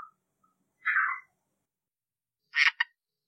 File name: red eye tree frog calling